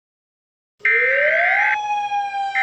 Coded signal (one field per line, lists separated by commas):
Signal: Emergency Alert System (SAME) tones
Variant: header bursts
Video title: EAS SCENARIO 30: Mega Baby Bowser